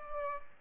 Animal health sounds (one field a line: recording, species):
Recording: mosquito wingbeat signal from an infrared sensor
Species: Aedes aegypti